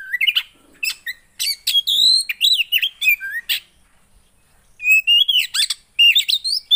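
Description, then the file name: Oriental magpie-robin singing loud whistled phrases and sharp chips, a short quiet gap, then more rising whistles and chirps. Song played to provoke a caged kacer (magpie-robin), said to make it immediately agitated. "Burung kacer anda langsung emosi dengar ini"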